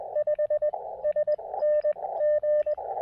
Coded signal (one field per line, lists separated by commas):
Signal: Morse code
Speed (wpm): 20 wpm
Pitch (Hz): 600 Hz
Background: radio noise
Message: 5 SNG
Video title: Sometimes you just need a little POTA Radio Therapy